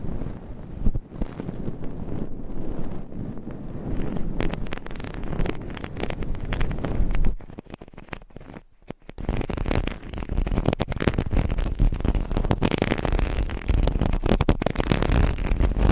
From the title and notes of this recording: ASMR 30 Triggers in 30 Minutes Scratching , Tapping , Brushing , Massage etc No Talking.